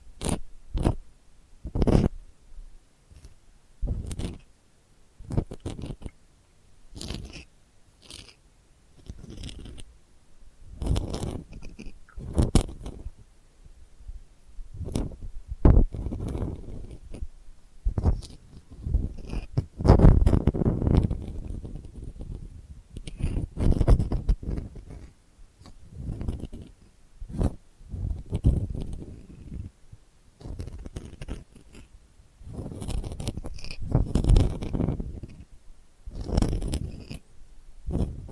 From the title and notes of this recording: ASMR Delicate Scratching for Sleep (No Talking).